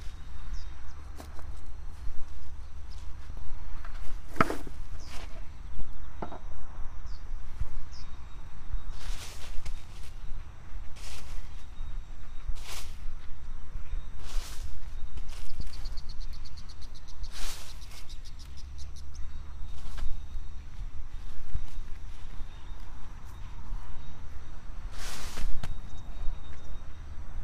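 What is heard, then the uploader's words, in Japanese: Garlic cloves are set into holes and covered with soil, with short scraping and crunching sounds at irregular moments, the sharpest near 4, 10, 12, 17 and 25 seconds. Insects trill steadily and birds chirp now and then, over a constant low rumble of traffic. 秋の、日が暮れ始めた16時過ぎ、ニンニクの定植。台風が南遠くから近づいてきている。曇り空の空気の少し重たい夕暮れ。穴あきマルチに棒で穴を開け、1片ずつニンニクを入れたあと、土をかけていく。虫や鳥が鳴き、遠くで車が行き交い電車が時折通る。秋の夕方 ニンニクの定植。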